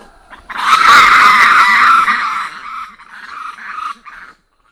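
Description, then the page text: Black lemur scream: a loud harsh noisy cry lasting about two seconds, then shorter, fainter rasping calls that fade out. Scream recorded at Ambato. "Eulemur macaco_Scream Ambato"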